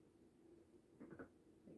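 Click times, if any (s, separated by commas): 1.2 s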